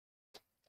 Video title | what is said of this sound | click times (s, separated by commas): T3DP Live - 9 Lights Lantern | They just pop out like that. | 0.3 s